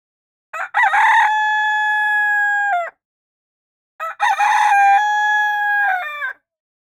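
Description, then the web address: Rooster crow repeated twice, each a choppy opening burst leading into a long steady drawn-out note that drops away at the close, separated by a short silent gap. "sons coq"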